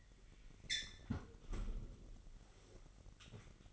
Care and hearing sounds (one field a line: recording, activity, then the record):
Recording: daily activity, microphone in the room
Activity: close fridge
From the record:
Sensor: 4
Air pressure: 1002.7 hPa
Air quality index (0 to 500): 242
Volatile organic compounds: 17 ppm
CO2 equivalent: 2588 ppm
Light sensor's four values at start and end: 4/10/4/4 and 4/11/4/4